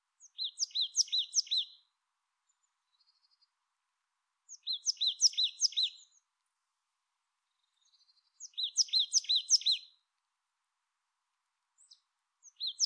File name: Poecile palustris